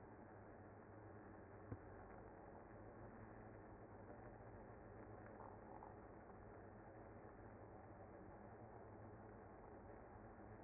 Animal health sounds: honeybee colony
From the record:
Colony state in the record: active

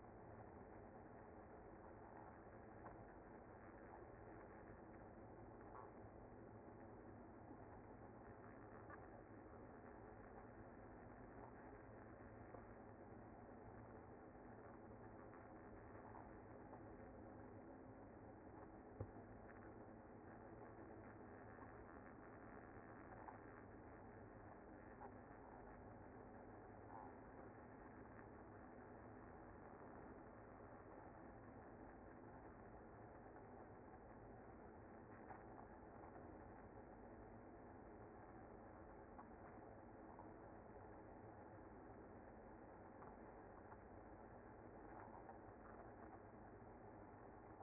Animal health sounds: honeybee colony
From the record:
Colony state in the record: active

